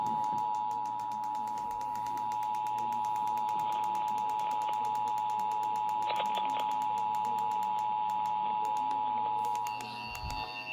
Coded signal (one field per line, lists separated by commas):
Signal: Emergency Alert System (SAME) tones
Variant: 853 and 960 Hz attention tone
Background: music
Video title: Eas Hgx svr on KUHF 88.7fm, Kacc 89.7fm and Kube tv 57.1 Eas#1598- 1600)